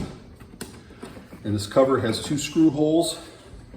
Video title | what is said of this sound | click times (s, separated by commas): Huffy Tonka 12v Dump Truck #17323 | And it's got a couple of little snaps on there, so when you push it in, it kind of snaps in place. | 0.6 s